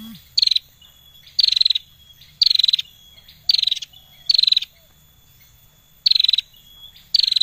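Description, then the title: Prinia song of high, rattling pulsed bursts, roughly one per second with one longer gap, over a faint sustained high whine. Singing persistently (gacor); recording intended as tutor song for training songbirds. "Prenjak Lancur Gacor Untuk Masteran"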